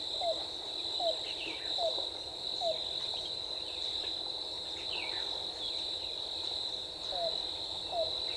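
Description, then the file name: Yellow-billed cuckoo calls: four hollow, down-slurred notes in a steady series, a pause, then two more, over continuous high insect buzzing and faint bird chirps. On 14 April 2018. "2018-04-14 YBCU"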